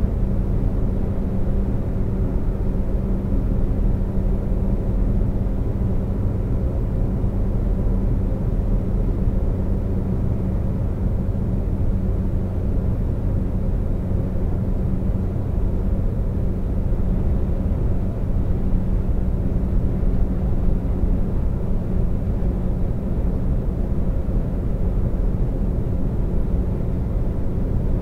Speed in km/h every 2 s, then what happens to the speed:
132, 132, 132, 132, 132, 132, 132, 132, 132, 132, 132, 132, 132, 132.
0-28 steady at about 132.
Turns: none.